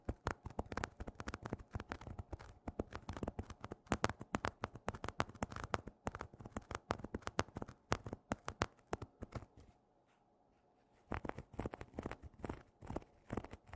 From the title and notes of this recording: TimASMR-Mini-Scratching on Tapestry Cushions in Macro (NO TALKING).